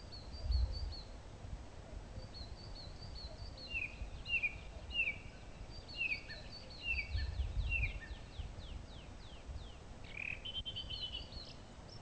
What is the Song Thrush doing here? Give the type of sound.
song